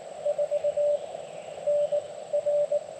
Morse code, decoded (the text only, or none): 4 N R